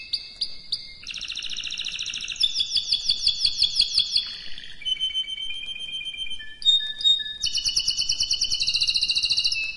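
Canary song: loud rolling trills and chopped whistles in quick succession, pitch stepping up and down, ending on a steady fast rattle.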